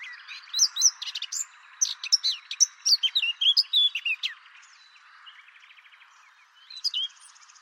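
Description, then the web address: Birds chirping in a busy burst of sharp, high notes and twisting whistles for about four seconds. A quieter stretch follows, then a few last chirps near the end. "cianscape birddata Deverinetal 2025 Bird"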